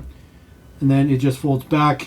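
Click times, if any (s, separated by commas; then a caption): none. A small plastic pop-up wheelie bar is folded back into the rear of a die-cast toy drag car while someone talks. Faint, low handling noise comes first, followed by speech from about 0.8 s to the end. The bar has not snapped into place yet, and nothing has seated or clicked.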